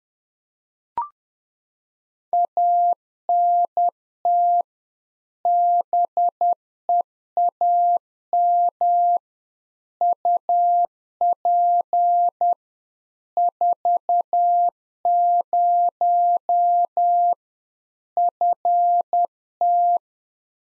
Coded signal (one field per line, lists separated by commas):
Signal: Morse code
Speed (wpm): 10 wpm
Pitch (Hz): 700 Hz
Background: none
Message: ANT BEAM UP 40 FT